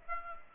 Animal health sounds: mosquito wingbeat signal from an infrared sensor; Aedes aegypti

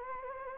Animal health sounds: mosquito wingbeat signal from an infrared sensor; Anopheles gambiae

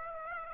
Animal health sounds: mosquito wingbeat signal from an infrared sensor; Aedes aegypti

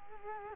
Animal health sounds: mosquito wingbeat signal from an infrared sensor; Culex quinquefasciatus

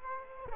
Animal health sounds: mosquito wingbeat signal from an infrared sensor; Aedes aegypti

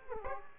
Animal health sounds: mosquito wingbeat signal from an infrared sensor; Aedes aegypti

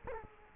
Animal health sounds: mosquito wingbeat signal from an infrared sensor; Culex quinquefasciatus

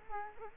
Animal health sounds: mosquito wingbeat signal from an infrared sensor; Culex quinquefasciatus

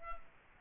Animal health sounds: mosquito wingbeat signal from an infrared sensor; Culex quinquefasciatus

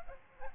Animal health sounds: mosquito wingbeat signal from an infrared sensor; Aedes aegypti

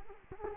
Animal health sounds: mosquito wingbeat signal from an infrared sensor; Culex quinquefasciatus

